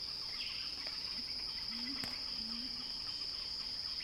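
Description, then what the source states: Cicada drone, a constant piercing high tone, with brief faint low notes and a single sharp click midway. Recording titled Cicada Crescendo.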